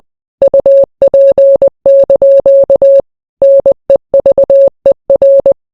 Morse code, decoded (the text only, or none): UP) NEVER